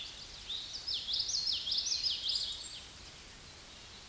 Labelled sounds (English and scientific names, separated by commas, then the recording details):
Common Yellowthroat (Geothlypis trichas) song
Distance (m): 15 m
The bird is about level with the microphone
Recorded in a Pennsylvania forest on 16 May 2024 at 08:00
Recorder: AudioMoth, point MSD-1418
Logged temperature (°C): 16.4 °C
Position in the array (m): 226 m, 181 m